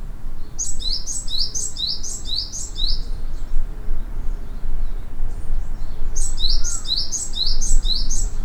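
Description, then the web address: Bird calls, bright high chirps in quick repeated bursts, one series at the start and another near the end, over a steady low rumbling background noise. Recorded 28 April 2008. "20080428 bird"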